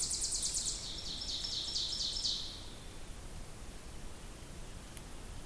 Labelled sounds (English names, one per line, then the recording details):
Ovenbird song
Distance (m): 45 m
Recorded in boreal forest in Alberta, Canada, on 2 June 2016 at 06:50
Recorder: SongMeter 3, array SBT-3-7
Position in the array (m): 332 m, 114 m
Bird 44